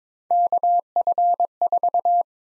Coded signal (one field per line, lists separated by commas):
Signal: Morse code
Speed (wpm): 22 wpm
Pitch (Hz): 700 Hz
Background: none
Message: KF4